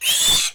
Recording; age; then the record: pig call; piglet (1 to 25 days)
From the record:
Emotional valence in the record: negative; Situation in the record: castration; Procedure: castration, cut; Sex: male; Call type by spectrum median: high-frequency call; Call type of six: high-frequency modulated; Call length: 0.55 s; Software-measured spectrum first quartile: 3268 Hz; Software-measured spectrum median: 5101 Hz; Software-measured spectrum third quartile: 8438 Hz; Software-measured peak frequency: 3535 Hz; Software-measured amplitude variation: 104 dB a second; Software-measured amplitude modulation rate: 11.8 a second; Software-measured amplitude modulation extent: 8.8 dB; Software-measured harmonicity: 2.0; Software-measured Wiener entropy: -1.84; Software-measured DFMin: 1004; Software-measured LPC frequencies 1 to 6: 984, 3486, 4381, 6292, 6954, 7775 Hz